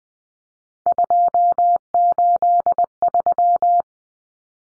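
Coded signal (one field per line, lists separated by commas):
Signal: Morse code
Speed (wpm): 20 wpm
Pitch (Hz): 700 Hz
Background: none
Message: 283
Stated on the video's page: Morse drill of common three-digit cut numbers (T, A, N for 0, 1, 9) at 20 wpm for head-copy, each sent, spoken, then sent again.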